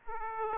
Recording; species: mosquito wingbeat signal from an infrared sensor; Aedes aegypti